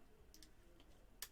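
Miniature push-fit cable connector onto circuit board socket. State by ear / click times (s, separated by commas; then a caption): seated / 1.2 s. Tiny push-fit coaxial cable connectors are lined up with tweezers and pressed onto a circuit board socket during an FPV repair on a Phantom 2 Vision FC200. Faint ticks at 0.3, 0.4 and 0.8 s come before one connector pops on with a sharp click at 1.2 s. The connector is seated.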